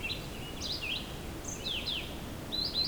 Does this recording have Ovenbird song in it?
no